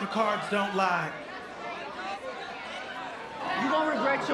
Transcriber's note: soundbite of crowd chattering